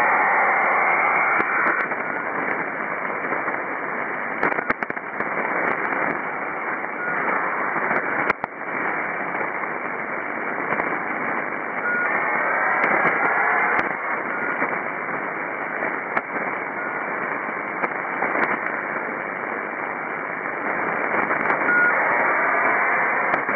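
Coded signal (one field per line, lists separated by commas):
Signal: ACARS aircraft data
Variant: HFDL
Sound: steady wide rushing data hiss, band-limited, with occasional static crackles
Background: radio static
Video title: ACARS-HF Node 17 (Teide, Gran Canaria, Canary Islands) - 6529 kHz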